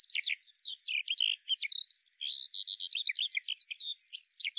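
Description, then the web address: Bird song, a dense, unbroken warble of high chirps and twittering notes in quick succession, with nothing else heard. "Deverinetal 2025 File cleaned normalized Bird Al Ar"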